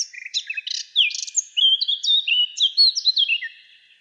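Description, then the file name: Eurasian blackcap singing a fast, continuous warble of scratchy chirps and clear fluted slurs that tail off over the final half second. "Sylvia atricapilla"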